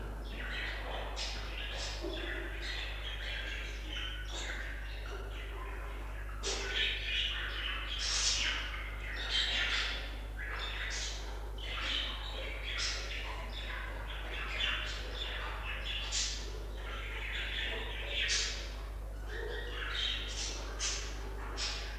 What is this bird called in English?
Budgerigar